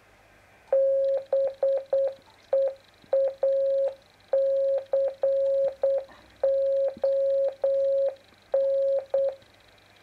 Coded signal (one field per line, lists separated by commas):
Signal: Morse code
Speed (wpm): 8 wpm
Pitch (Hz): 540 Hz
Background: none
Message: BEACON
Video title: Tests with a QRPP 50 MHz CW beacon